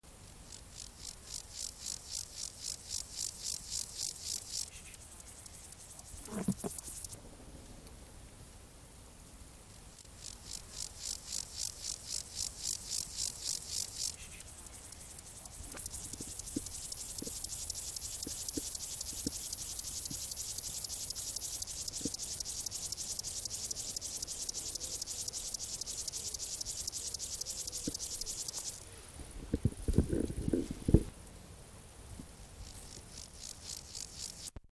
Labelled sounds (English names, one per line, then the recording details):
Upland Field Grasshopper stridulation
Water-meadow Grasshopper
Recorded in the wild
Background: Chorthippus montanus
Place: Schildow, Kindelwald, Brandenburg, DE
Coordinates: 52.64, 13.34
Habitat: Waldwiese
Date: 1998-08-20 16:17
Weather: sonnig, 27°C
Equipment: Marantz CP 430, Sennheiser ME 80, Kopie Uher 4000 Report Monitor
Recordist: Tembrock, Günter